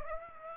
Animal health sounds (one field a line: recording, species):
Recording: mosquito wingbeat signal from an infrared sensor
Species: Aedes aegypti